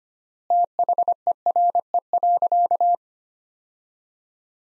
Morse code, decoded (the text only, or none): THERE.